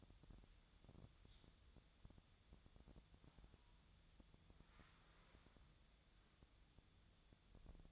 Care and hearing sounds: daily activity, microphone in the room; wipe stove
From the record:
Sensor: 3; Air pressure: 1004.8 hPa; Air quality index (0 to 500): 78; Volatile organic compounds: 2 ppm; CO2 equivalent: 1174 ppm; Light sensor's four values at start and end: 8/19/7/7 and 8/19/7/7

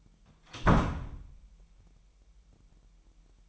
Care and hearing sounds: daily activity, microphone in the room; close door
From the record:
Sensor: 1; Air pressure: 998.5 hPa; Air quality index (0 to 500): 131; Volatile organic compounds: 4 ppm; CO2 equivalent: 1570 ppm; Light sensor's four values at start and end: 19/62/25/26 and 19/62/25/26

